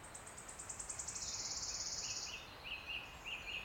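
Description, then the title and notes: Wood warbler song ends in a fast, silvery trill, followed by another bird's short repeated chirps. Male singing from oak canopy in an ancient oak wood on a steep-sided wooded valley in South Wales, May, after rain stopped, spring. "Sound Escape 16: listen to the cascade of wood warbler song in an ancient oak wood. a path rising up a steep-sided wooded valley in South Wales. The endless May rain has stopped and a male wood warbler is singing his extraordinary song from the emerald canopy of tangled oak trees"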